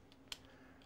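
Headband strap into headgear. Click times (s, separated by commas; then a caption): 0.3 s. A plastic crown strap is set back into position on the headband of an IDC Snap System Model IDC/S headgear and snaps into place with one sharp, loud click at 0.3 s. A few much fainter ticks come before and after it. The strap is seated.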